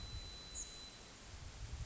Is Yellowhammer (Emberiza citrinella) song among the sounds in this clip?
no